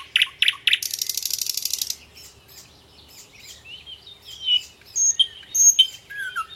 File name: canto do rouxinol de tordo